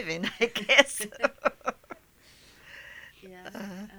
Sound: they laugh

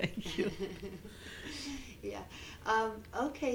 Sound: they laugh

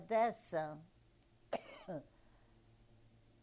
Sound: coughs

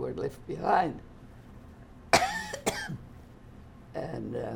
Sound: coughs

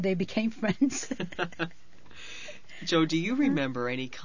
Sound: they laugh

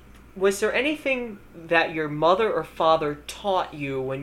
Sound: none

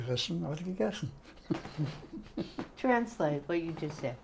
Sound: laughs

